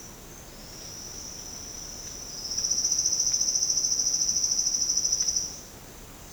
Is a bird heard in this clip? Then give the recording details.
no. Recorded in secondary vegetation near Puerto Asís, Putumayo, Colombia, on 13 March 2025 at 10:00. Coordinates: 0.485, -76.322. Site G040